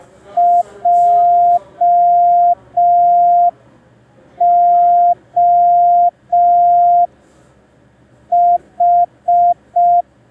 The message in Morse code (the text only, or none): JOH